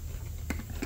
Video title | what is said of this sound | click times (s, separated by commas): Prolux Pet Grooming Vac - Unboxing, Assembly & Overview - | and it just snaps into place | 0.5 s